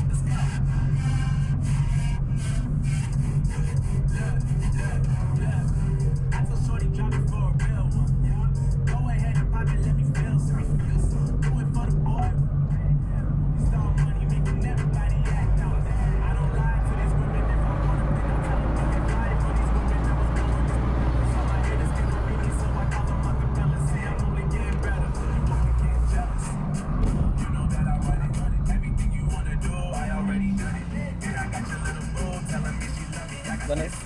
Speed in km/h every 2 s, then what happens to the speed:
40, 40, 40, 39, 40, 42, 43, 45, 48, 50, 55, 57, 52, 39, 19, 7, 2.
0-8 steady at about 40. 8-23 speeds up to 57. 23-34 brakes to 2.